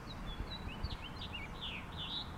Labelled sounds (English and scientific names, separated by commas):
House Finch (Haemorhous mexicanus) song